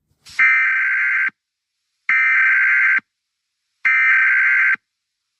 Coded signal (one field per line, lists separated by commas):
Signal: Emergency Alert System (SAME) tones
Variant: header bursts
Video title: MOCK: Emergency Alert System Weekly Required Test